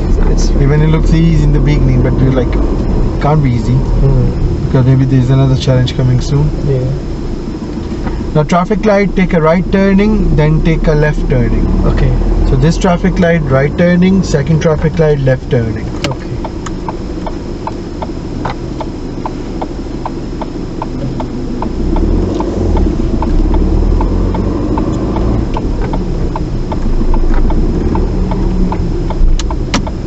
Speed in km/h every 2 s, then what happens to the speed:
24, 18, 6, 5, 8, 10, 11, 5, 0, 0, 2, 11, 13, 15, 11.
0-5 brakes to 5. 5-13 steady at about 8. 13-15 brakes to 0. 15-20 standing. 20-23 pulls away to 13.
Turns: none.